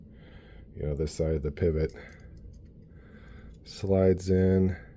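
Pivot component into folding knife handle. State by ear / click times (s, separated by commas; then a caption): not seated / none. A pivot component is handled during folding knife reassembly, with one side of the pivot sliding into the handle while someone talks. A few faint ticks are heard around 2.4 and 2.5 seconds. The clip ends before the part is twisted home, and nothing has seated or clicked into place yet.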